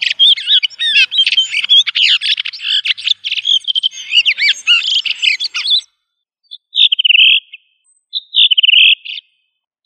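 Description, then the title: Thrush song pouring out fast, varied chattering and whistled phrases, then breaking into a few short phrases separated by silent pauses. "Familia Turdidae - Sabia"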